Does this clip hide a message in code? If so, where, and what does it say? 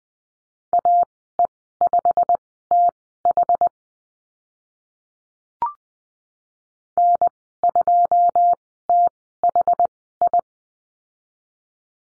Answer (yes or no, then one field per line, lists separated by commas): yes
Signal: Morse code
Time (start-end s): 0.7-10.4 s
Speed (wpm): 20 wpm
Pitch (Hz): 700 Hz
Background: none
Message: AE5TH N2THI